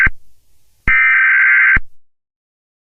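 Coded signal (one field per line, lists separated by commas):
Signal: Emergency Alert System (SAME) tones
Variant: header bursts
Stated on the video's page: Fictional zombie EAS scenario, a simulated alert rather than a real broadcast.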